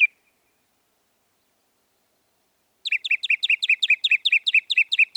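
Northern mockingbird: one short note, a pause of nearly three seconds, then a rapid repeated series of bright chirping syllables.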